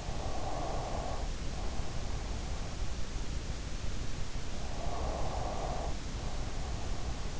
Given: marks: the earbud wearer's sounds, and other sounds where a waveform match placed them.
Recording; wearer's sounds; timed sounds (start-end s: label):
sounds in sleep by an in-ear microphone; breath
0.21-2.40 s: breath
4.65-7.39 s: breath